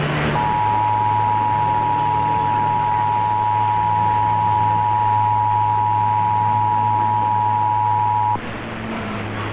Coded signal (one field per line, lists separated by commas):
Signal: Emergency Alert System (SAME) tones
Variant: 853 and 960 Hz attention tone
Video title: Pennsylvania Required Monthly Tests (12/16/21)(EAS 1021-1028)